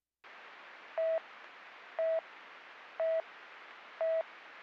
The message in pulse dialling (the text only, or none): none